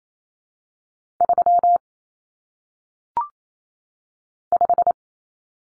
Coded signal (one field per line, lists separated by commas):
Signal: Morse code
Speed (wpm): 28 wpm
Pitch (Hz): 700 Hz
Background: none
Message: 3 5